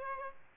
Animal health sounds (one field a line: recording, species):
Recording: mosquito wingbeat signal from an infrared sensor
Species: Aedes albopictus